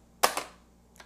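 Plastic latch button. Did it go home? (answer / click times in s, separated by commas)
released / 0.2 s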